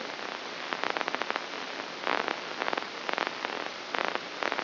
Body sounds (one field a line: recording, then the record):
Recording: brain microelectrode recording played as sound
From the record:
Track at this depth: inside the subthalamic nucleus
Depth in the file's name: 6.505 mm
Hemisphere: left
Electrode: 2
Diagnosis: Parkinson's disease